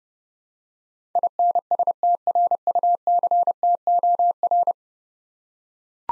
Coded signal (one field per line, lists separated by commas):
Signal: Morse code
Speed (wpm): 30 wpm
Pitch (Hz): 700 Hz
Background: none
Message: INSTRUCTOR